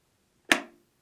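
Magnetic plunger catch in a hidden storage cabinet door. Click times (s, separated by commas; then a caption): 0.5 s. A magnet key held to the side of a wall-art storage cabinet makes the spring plunger latch of the hidden canvas door's magnetic catch retract with a single sharp click at 0.5 s. The click is bright and broadband, then decays quickly over about a quarter second in near silence. The plunger has retracted and the hinged canvas door is released.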